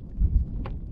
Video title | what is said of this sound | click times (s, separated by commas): How do these recovery tracks perform?? - Bunker Indust - recovery tracks | try this again i think you gotta make sure it clicks | 0.7 s